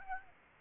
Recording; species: mosquito wingbeat signal from an infrared sensor; Aedes aegypti